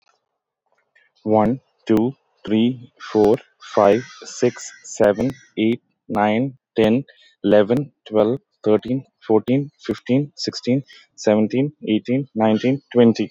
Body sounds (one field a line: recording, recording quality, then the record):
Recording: counting at a normal pace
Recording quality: excellent, no background noise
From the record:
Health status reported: healthy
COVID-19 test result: not tested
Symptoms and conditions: none ticked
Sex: male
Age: 36 years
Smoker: not ticked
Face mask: not worn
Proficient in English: yes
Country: United States